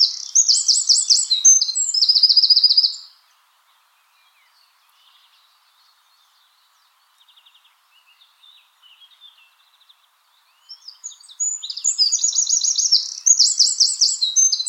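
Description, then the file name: Eurasian wren singing two loud bursts of high, fast trills and rattling phrases, separated by several seconds of near silence with faint soft notes. "Troglodytes troglodytes"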